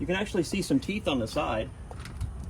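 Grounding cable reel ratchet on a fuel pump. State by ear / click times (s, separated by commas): not seated / none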